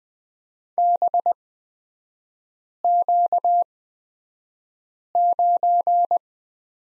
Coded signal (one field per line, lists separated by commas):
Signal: Morse code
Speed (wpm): 20 wpm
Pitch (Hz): 700 Hz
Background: none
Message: BQ9